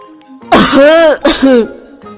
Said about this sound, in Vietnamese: Lần này đến Bạch Ngọc Đường sặc, tay cầm chén vừa ho vừa dùng vẻ mặt bội phục nhìn Triển Chiêu.